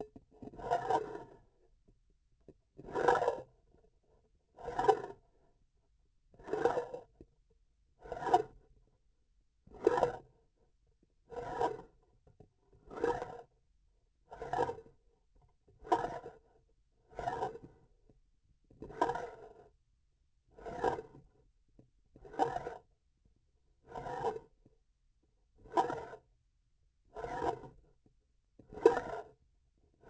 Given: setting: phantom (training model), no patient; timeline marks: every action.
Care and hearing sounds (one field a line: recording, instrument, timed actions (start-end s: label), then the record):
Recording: laparoscopic instrument, vibration sensor on the handle end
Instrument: grasping forceps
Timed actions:
2.72-3.50 s: retracting movement
4.50-5.21 s: approaching movement
6.28-7.12 s: retracting movement
7.94-8.48 s: approaching movement
9.62-10.26 s: retracting movement
11.29-11.91 s: approaching movement
12.88-13.43 s: retracting movement
14.25-14.89 s: approaching movement
15.77-16.47 s: retracting movement
17.06-17.57 s: approaching movement
18.75-19.73 s: retracting movement
20.51-21.20 s: approaching movement
22.12-22.85 s: retracting movement
23.76-24.52 s: approaching movement
25.57-26.21 s: retracting movement
27.07-27.71 s: approaching movement
28.54-29.40 s: retracting movement
From the record:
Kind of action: spatial motion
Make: Olympus